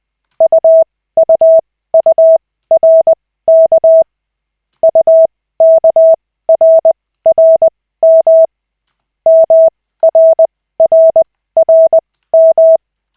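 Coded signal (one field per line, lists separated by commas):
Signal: Morse code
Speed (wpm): 20 wpm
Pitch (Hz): 650 Hz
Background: none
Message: UUURK UKRRM MRRRM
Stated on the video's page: Koch method Morse practice session with two characters at a time, using LCWO lessons.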